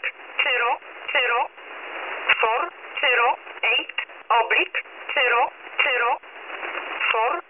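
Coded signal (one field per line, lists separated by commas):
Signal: numbers station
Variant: E11 Oblique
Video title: Polish Number Station E11 - Oblique - Null message - 22.08.2018 17:30 UTC - 7984 kHz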